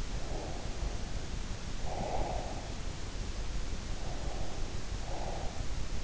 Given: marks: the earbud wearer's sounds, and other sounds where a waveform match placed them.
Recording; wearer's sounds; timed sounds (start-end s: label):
sounds in sleep by an in-ear microphone; breath
0.10-2.86 s: breath
3.90-5.65 s: breath